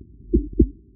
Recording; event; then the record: neck accelerometer signal played as sound; voluntary cough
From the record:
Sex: male